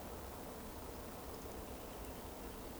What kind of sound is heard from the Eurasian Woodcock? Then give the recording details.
whistle. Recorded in Baden-Württemberg, Germany, on 24 June 2020 at 19:51 UTC. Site 14569, 102 m above sea level